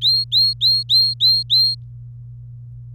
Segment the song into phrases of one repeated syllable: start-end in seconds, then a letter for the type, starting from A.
0.01-1.75 A